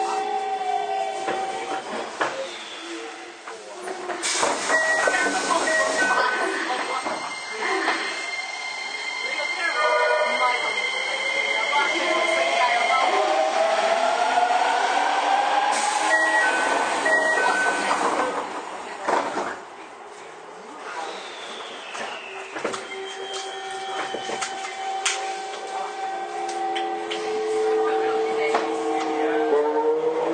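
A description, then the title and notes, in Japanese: A Toei 5300 series train running between Oshiage and Gotanda, with rising and falling motor whine, steady rumble, chimes and speech announcements. 都営5300形 押上ー五反田。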